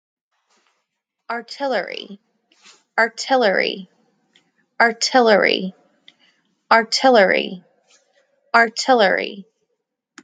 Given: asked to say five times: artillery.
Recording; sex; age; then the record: repeated word; female; 30 to 39 years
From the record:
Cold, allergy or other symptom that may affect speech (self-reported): no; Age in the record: 35 years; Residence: Georgia, United States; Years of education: 16